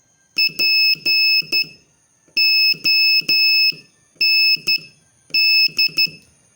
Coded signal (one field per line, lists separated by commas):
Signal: Morse code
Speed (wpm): 12 wpm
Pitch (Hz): 2600 Hz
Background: none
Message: POND